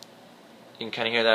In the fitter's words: buttery smooth spinning and then it clicks